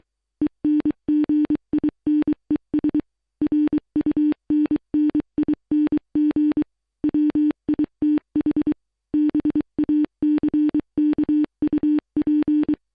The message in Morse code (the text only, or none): ENGINES RUNNING WITH BACKUP